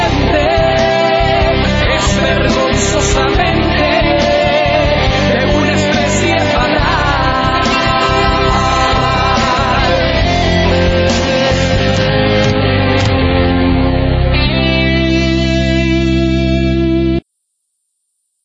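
A loud, dense rock song by a composer from Veracruz, with distorted, effects-heavy guitar and a steady driving beat, settling into a sustained chord before cutting off abruptly into silence.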